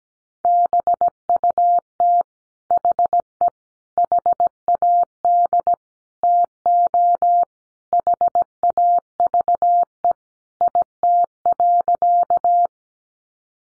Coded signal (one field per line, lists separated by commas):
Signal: Morse code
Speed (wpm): 17 wpm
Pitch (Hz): 700 Hz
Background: none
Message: BUT HE HAD TO HAVE IT.